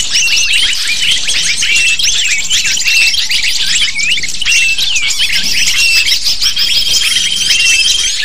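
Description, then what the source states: Lovebirds calling together, a busy, continuous tangle of sharp high twitters and squawky chirps that keeps the same steady intensity. Lure used to attract lovebirds.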